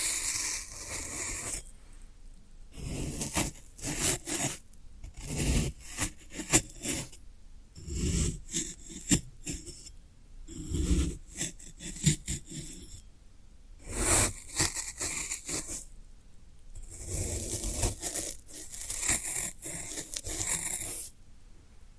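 Floral foam being squeezed, pressed and crumbled, with bursts of crisp crunching and scratchy rubbing that come in clusters every second or two. Each burst is bright and gritty, broken by short quiet gaps, with slightly louder crunching near the end.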